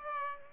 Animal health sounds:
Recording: mosquito wingbeat signal from an infrared sensor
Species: Aedes aegypti

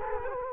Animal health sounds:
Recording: mosquito wingbeat signal from an infrared sensor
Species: Culex quinquefasciatus

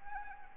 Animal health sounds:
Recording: mosquito wingbeat signal from an infrared sensor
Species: Anopheles arabiensis

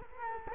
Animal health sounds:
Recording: mosquito wingbeat signal from an infrared sensor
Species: Culex quinquefasciatus

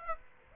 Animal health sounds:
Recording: mosquito wingbeat signal from an infrared sensor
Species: Aedes aegypti

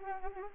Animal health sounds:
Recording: mosquito wingbeat signal from an infrared sensor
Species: Anopheles arabiensis

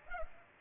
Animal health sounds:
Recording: mosquito wingbeat signal from an infrared sensor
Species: Culex pipiens

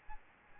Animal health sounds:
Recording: mosquito wingbeat signal from an infrared sensor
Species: Aedes albopictus

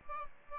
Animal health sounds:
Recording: mosquito wingbeat signal from an infrared sensor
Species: Aedes aegypti

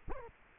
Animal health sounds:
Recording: mosquito wingbeat signal from an infrared sensor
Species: Culex quinquefasciatus

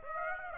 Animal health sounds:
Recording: mosquito wingbeat signal from an infrared sensor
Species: Aedes aegypti

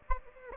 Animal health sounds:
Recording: mosquito wingbeat signal from an infrared sensor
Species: Aedes aegypti

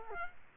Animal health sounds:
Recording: mosquito wingbeat signal from an infrared sensor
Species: Culex quinquefasciatus

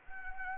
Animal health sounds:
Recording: mosquito wingbeat signal from an infrared sensor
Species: Anopheles arabiensis

